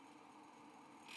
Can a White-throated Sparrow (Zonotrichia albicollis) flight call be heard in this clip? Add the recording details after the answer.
no. No flight call is heard. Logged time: 04:53 on 5 December 2014